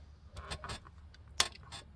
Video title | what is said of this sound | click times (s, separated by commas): how to remove humvee steering wheel | You'll hear it snap when you get part of it in, and you just walk it around, | 1.4 s